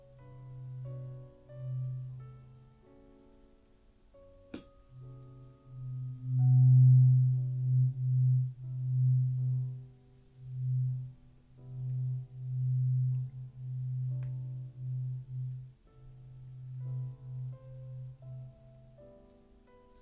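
A traditional Chinese ear cleaning session, carried by a low, humming drone that pulses in uneven swells throughout. Faint ringing tones sit above it. A sharp click lands near the five-second mark, just as the hum briefly drops out.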